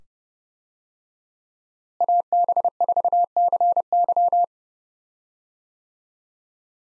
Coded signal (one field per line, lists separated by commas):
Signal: Morse code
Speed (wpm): 30 wpm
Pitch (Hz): 700 Hz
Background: none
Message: AB4CY